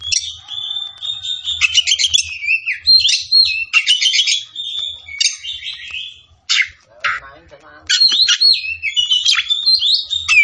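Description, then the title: Oriental magpie-robin pouring out a rapid, continuous song of buzzy trills, chattering notes and whistles, with a brief break midway before resuming. Tretes; singing vigorously, described as gacor. "Kacer Tretes"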